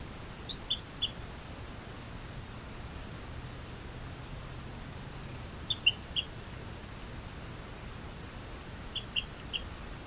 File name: Eleutherodactylus cystignathoides